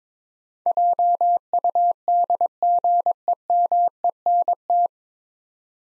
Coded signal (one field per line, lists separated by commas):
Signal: Morse code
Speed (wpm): 22 wpm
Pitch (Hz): 700 Hz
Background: none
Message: JUDGEMENT